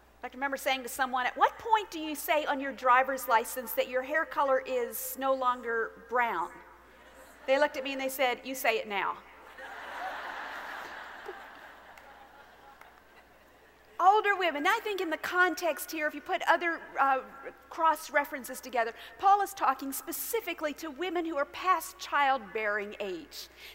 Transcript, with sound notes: I can remember saying to someone, “At what point do you say on your driver’s license that your hair color is no longer brown?” They looked at me and they said, “You say it now.” (laughter)
Older women—I think in the context here, if you put other cross-references together, Paul is talking specifically to women who are past childbearing age;